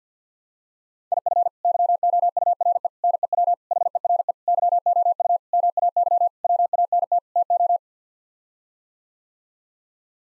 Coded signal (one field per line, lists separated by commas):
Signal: Morse code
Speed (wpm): 49 wpm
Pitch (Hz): 700 Hz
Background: none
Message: IF YOURE NEW HERE YOU MAY WANT TO